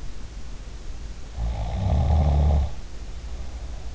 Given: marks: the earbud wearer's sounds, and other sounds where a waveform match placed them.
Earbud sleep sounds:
sounds in sleep by an in-ear microphone; snoring breath
1.25-3.81 s: snoring breath

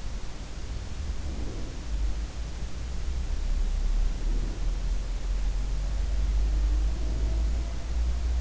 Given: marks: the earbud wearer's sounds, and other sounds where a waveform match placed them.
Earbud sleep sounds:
sounds in sleep by an in-ear microphone; breath
0.97-1.97 s: breath
3.78-5.19 s: breath
6.71-7.89 s: breath

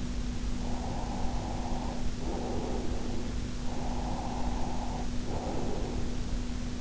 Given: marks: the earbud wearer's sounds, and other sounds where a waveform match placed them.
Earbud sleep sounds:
sounds in sleep by an in-ear microphone; breath
0.25-3.22 s: breath
3.79-6.76 s: breath

